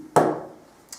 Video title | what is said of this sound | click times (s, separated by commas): Delboy's Garage, Simple Skills, 'Torque Wrench' (and DBG caps) | out of the head here as soon as you hear that click stop now in your manual you'll see | 0.2 s